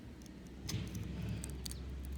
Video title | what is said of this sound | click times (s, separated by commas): Chevrolet Badge Modification | there you can hear it snapping apart there we go | 1.7 s